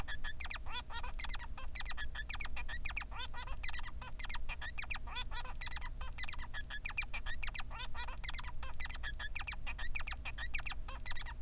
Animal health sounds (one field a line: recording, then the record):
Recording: song of a male Bengalese finch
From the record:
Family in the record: son of father 3